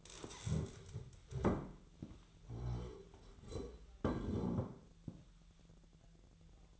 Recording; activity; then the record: daily activity, microphone in the room; stand up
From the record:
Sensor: 3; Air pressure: 1001.8 hPa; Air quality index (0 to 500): 250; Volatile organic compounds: 139 ppm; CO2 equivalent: 3974 ppm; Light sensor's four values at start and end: 12/28/12/12 and 11/26/11/11